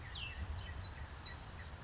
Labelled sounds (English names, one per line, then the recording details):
Cassin's Vireo
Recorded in Sonoma County, California